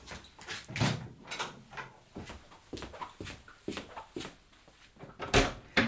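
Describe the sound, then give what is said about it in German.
A door is opened with a string of clicks, rattles and wooden knocks at an uneven pace, ending in one sharper, louder clack. No one speaks. “Ja, wie wär's, wenn du auf alle Fälle erstmal die Tür öffnest”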